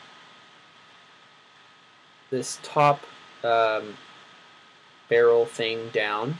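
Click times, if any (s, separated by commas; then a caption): none. Someone talks while handling plastic toy guns, starting to flip the top barrel section down onto the gun body, over a faint steady hiss. This is before the part is pushed home, and nothing has clicked into place yet.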